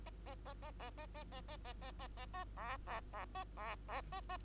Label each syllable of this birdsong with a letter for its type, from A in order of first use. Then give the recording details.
A A A A A A A A A A A A A A B B B A B B A A. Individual Bird2